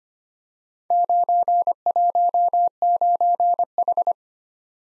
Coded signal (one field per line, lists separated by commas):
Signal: Morse code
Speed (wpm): 25 wpm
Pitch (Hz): 700 Hz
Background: none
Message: 919H